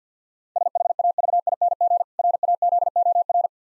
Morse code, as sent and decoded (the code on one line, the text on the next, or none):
... .... .- ...- .. -. --. / .-. .- --.. --- .-.
SHAVING RAZOR